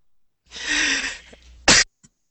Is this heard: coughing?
yes